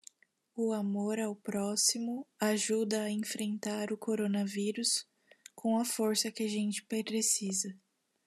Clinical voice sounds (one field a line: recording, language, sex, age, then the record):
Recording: spoken sentence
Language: Brazilian Portuguese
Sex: female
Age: 20 to 29 years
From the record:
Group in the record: control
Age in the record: 25 years